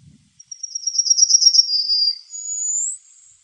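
Bird song: a very high-pitched rapid trill that drops slightly, followed by a thin rising whistle.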